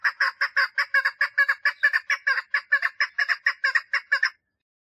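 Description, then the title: Partridge calling a rapid train of many coarse, buzzy notes, then quiet. "Perdiz Cantando"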